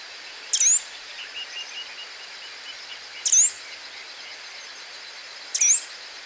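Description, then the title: Bird song: three loud, high whistled notes spaced about two and a half seconds apart, with soft lower chirps between them over steady hiss. "LuckyPassaro"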